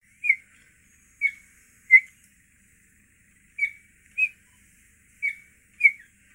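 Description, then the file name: Cheetah chirping: brief piercing squeaks, seven spaced unevenly with a longer pause midway, on a quiet background. "gepard pishit"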